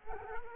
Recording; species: mosquito wingbeat signal from an infrared sensor; Culex quinquefasciatus